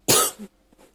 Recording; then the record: coughing mixed with background sound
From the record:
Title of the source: 30 Chesty and wet cough